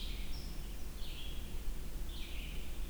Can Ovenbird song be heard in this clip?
no